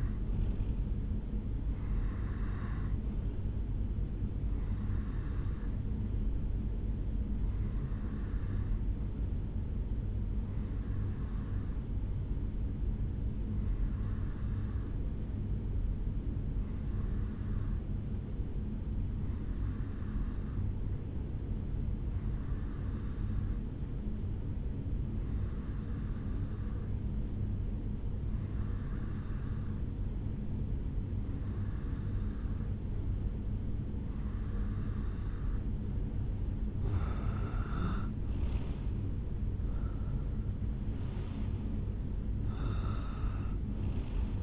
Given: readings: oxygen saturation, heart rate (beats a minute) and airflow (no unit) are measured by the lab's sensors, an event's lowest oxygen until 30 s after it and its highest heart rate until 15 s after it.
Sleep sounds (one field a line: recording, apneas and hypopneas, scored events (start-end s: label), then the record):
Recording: breathing in sleep by a smartphone at the bedside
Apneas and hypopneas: 1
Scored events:
8.00-38.00 s: new sleep stage, N2 (light sleep)
10.00-36.00 s: hypopnea (N2, oxygen 94% highest, then 89% lowest, heart rate 69 at the start, 77 highest)
38.00-44.43 s: new sleep stage, N1 (lightest sleep)
From the record:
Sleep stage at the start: N1 (lightest sleep)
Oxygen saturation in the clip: 89 to 94%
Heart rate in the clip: 68 to 77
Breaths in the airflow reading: 15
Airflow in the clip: -9.2 to 6.0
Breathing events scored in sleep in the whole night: 449 in 7.0 hours asleep